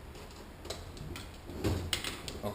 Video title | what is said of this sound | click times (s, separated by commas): 4L60E Part 2 (Valve body and internal components overhaul) | I don't know if you can hear it click. | 1.9 s